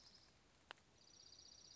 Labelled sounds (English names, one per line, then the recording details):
Dark-eyed Junco
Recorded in Sonoma County, California